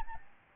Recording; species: mosquito wingbeat signal from an infrared sensor; Aedes albopictus